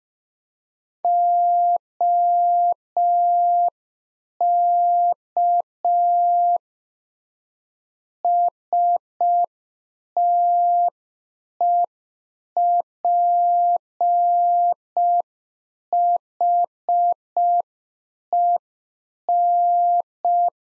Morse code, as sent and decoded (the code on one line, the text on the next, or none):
--- -.- / ... - . .--. .... . -.
OK STEPHEN